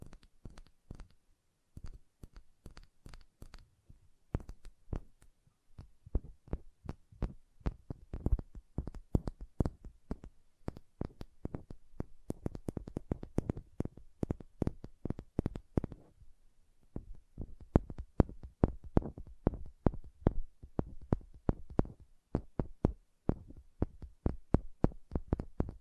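Fingernails tap in quick, uneven bursts, each hit a sharp click with a soft low thud beneath it. The tapping runs nearly nonstop, briefly thinning out around the sixteen-second mark before picking up again with some louder strikes toward the end.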